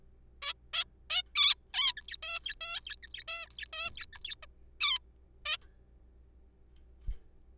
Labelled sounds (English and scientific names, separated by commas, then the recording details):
Zebra Finch (Taeniopygia guttata)
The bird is a juvenile
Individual R3428